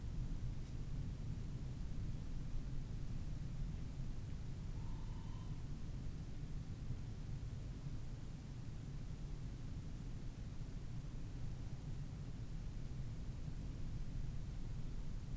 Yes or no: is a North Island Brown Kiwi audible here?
no